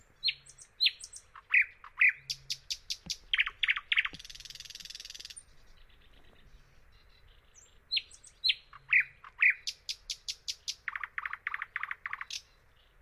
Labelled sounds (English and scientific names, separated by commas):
Thrush Nightingale (Luscinia luscinia) song